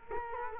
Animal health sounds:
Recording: mosquito wingbeat signal from an infrared sensor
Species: Culex quinquefasciatus

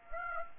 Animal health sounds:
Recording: mosquito wingbeat signal from an infrared sensor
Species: Aedes aegypti

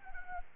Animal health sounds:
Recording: mosquito wingbeat signal from an infrared sensor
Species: Anopheles arabiensis

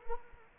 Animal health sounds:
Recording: mosquito wingbeat signal from an infrared sensor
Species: Culex quinquefasciatus

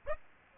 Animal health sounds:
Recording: mosquito wingbeat signal from an infrared sensor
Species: Aedes aegypti

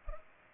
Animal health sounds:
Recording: mosquito wingbeat signal from an infrared sensor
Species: Culex pipiens

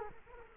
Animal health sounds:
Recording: mosquito wingbeat signal from an infrared sensor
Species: Culex quinquefasciatus

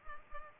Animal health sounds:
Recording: mosquito wingbeat signal from an infrared sensor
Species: Culex pipiens

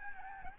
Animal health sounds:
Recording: mosquito wingbeat signal from an infrared sensor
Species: Aedes albopictus

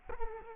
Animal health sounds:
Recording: mosquito wingbeat signal from an infrared sensor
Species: Culex quinquefasciatus

